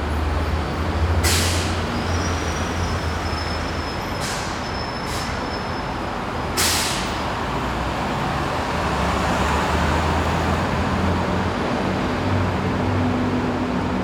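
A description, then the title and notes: Steady, even traffic hums, a continuous low rumble with a deep engine drone underneath. A few short hissing swishes cut through around the first, fourth to fifth, and sixth to seventh seconds, like cars passing or brakes releasing. Light Calming Traffic Ambience.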